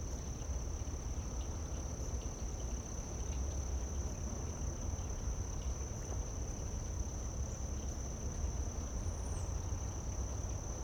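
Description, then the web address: Cricket giving an unbroken, steady high-pitched trill throughout, over a constant low background rumble. Late summer. "Kerman Eckes WIB-Electa Quinney. Late Summer Crickets, Doves"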